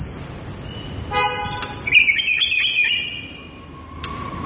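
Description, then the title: White-rumped shama giving a high thin whistle, a harsh buzzy note, then a rapid warbled trill. Lure recording meant to draw a response from birds; singer described as gacor, lively and singing constantly. "PANCINGAN MEWAH MURAI BATU GACOR"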